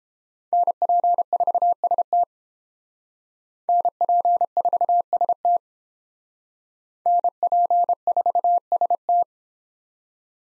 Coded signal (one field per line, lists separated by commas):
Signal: Morse code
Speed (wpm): 31 wpm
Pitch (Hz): 700 Hz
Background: none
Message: NP4ST NP4ST NP4ST